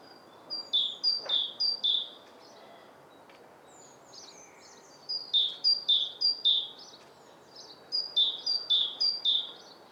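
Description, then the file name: Great tit repeating bright two-note phrases, high note then lower, in three separate bursts with pauses between runs, over soft background noise. "Parus major"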